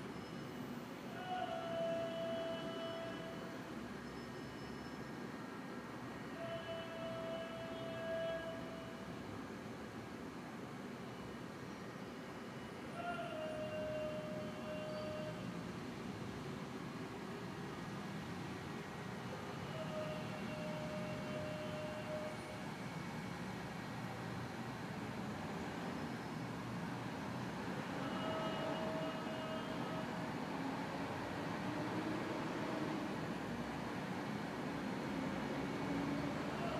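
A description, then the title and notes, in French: A propane vendor's truck moves along a city street, its short tuneful call repeating every several seconds over a steady low rumble of engine and traffic. The calls are clear, and the street noise stays dense and constant throughout. Le vendeur de propane arpentant les rues de Mexico.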